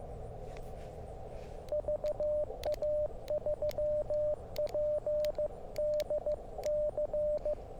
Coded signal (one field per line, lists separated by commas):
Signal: Morse code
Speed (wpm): 14 wpm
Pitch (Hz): 600 Hz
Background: radio noise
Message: VA3PDC